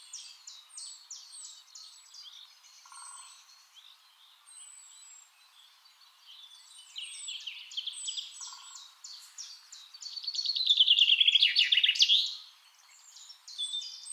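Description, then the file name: Common chaffinch song: a loud rattling phrase of about two seconds with a sweeping downward end, amid a busy background of softer high calls. "Fringilla coelebs"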